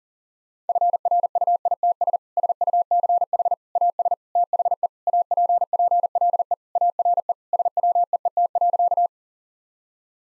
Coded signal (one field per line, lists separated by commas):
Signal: Morse code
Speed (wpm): 40 wpm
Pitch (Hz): 700 Hz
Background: none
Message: FRUITS SUCH AS THE APPLE ARE SWEET.